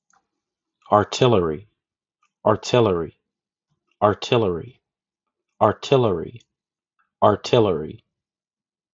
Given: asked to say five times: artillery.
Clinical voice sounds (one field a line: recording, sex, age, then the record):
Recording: repeated word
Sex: male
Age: 30 to 39 years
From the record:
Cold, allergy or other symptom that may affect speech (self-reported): no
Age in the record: 35 years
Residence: Ohio, United States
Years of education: 14